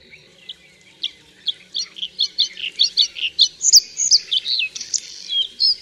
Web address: Ptaki Podróżniczek